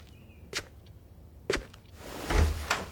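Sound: door being opened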